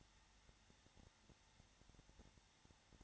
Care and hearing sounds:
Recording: daily activity, microphone in the room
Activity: no activity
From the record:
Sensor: 3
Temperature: 21.3 degrees Celsius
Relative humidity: 33.3%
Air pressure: 994.5 hPa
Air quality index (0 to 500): 168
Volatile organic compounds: 3 ppm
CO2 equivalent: 1459 ppm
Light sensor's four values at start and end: 2/3/2/2 and 2/3/2/2

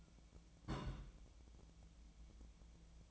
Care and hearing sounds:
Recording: daily activity, microphone in the room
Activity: place on stove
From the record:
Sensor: 1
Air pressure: 1010.0 hPa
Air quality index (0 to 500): 188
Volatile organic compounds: 17 ppm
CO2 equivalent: 2577 ppm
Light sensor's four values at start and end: 38/96/40/49 and 38/96/40/49

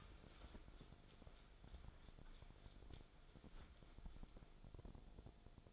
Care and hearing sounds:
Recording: daily activity, microphone in the room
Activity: wipe stove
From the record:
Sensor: 5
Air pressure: 1000.6 hPa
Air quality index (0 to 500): 156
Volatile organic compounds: 2 ppm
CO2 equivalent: 1203 ppm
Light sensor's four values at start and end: 48/102/47/53 and 49/103/47/53

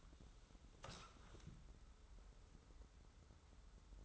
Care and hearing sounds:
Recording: daily activity, microphone in the room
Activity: sit down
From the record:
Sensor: 3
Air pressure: 994.4 hPa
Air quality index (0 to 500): 199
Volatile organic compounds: 1000 ppm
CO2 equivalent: 6608 ppm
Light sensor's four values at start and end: 169/400/169/169 and 169/399/170/169

